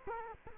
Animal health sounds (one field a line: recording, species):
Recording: mosquito wingbeat signal from an infrared sensor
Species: Culex quinquefasciatus